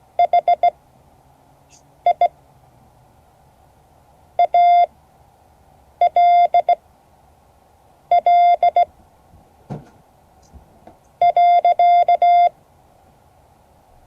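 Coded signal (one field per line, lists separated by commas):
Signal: Morse code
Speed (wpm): 17 wpm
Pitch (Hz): 700 Hz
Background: none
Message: HI ALL .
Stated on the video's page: Morse code class.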